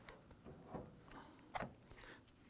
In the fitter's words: There it is. You can feel it and hear it lock into place.